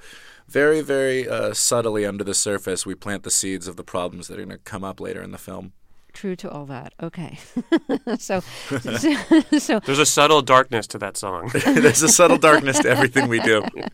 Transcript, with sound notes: So very, very subtly under the surface, we plant the seeds of the problems that are going to come up later in the film.
True to all that, okay.
(SOUNDBITE OF LAUGHTER)
There's a subtle darkness to that song.
There's a subtle darkness to everything we do,